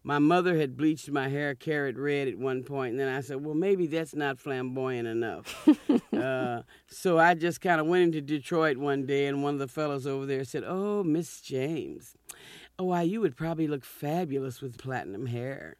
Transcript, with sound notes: my mother had bleached my hair carrot red at one point. And then I said, well, maybe that's not flamboyant enough.
(SOUNDBITE OF LAUGHTER)
So I just kind of went into Detroit one day, and one of the fellas over there said, oh, Ms. James. Why, you would probably look fabulous with platinum hair.